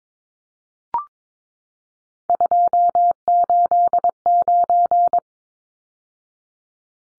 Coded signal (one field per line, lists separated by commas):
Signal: Morse code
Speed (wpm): 22 wpm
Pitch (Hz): 700 Hz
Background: none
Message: 289